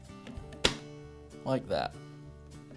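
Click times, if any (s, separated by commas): 0.7 s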